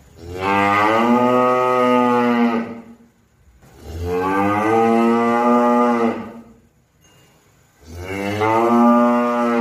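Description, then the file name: Cow mooing loudly three times, long steady moos with short silences between, the last cut off. "suara sapi"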